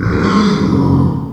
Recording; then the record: squeal of a Yucatan mini pig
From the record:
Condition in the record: after surgery on the right vocal fold (resection and tissue-engineered implant); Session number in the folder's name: 16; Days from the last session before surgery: 183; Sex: female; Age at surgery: 19 weeks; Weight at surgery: 25 kg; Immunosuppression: prednisolone